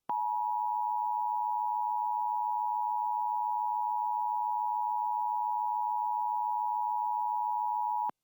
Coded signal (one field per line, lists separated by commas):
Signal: Emergency Alert System (SAME) tones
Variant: 853 and 960 Hz attention tone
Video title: Fake EAS I pranked my mom with using bluetooth speakers.